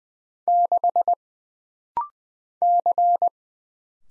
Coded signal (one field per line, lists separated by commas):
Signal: Morse code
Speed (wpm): 20 wpm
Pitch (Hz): 700 Hz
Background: none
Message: 6 C